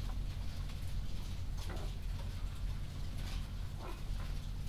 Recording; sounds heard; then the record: poultry house recording; sick chickens (respiratory disease)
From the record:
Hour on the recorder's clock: 0